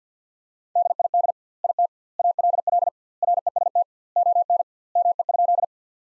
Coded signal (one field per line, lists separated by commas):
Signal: Morse code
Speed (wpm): 50 wpm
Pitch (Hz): 700 Hz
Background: none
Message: DID IT ALL REST ON ME?